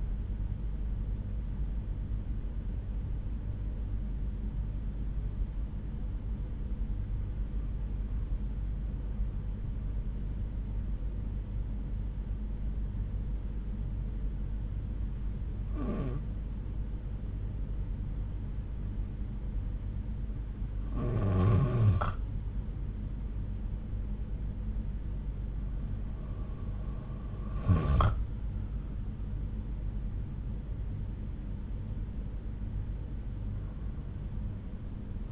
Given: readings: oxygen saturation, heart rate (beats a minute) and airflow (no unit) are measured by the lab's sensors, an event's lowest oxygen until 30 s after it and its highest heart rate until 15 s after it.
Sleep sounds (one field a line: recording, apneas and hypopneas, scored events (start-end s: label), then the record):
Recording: breathing in sleep by a smartphone at the bedside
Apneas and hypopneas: 1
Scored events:
4.00-23.50 s: hypopnea (N2, oxygen 97% highest, then 93% lowest)
From the record:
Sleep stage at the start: N2 (light sleep)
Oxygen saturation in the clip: 92 to 97%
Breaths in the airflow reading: 5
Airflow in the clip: -7.2 to 6.5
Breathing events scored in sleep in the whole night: 368 in 8.0 hours asleep